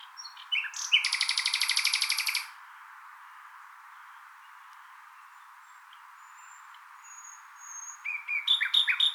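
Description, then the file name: Common nightingale singing a loud, rapid, even machine-gun rattle of repeated notes, then a long pause with faint high whistles, and a new phrase of quick repeated notes starting. "Luscinia megarhynchos"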